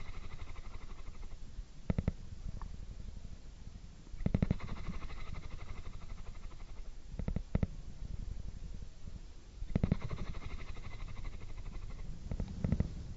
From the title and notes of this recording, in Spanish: Sonido de Ronroneo de Gato. Calmante ronroneo de gatitos. Tomamos el sonido lento de la frecuencia del ronroneo de un gato.